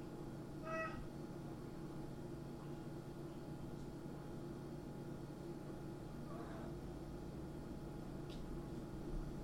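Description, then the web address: Cat making a brief meow near the start and a faint second one later, under a continuous humming noise. Cat in a kitchen. "il suono di un gatto in cucina"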